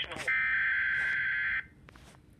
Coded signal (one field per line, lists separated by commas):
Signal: Emergency Alert System (SAME) tones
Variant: header bursts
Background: speech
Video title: Severe Thunderstorm Warning #3 (EAS #72)